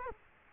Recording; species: mosquito wingbeat signal from an infrared sensor; Culex quinquefasciatus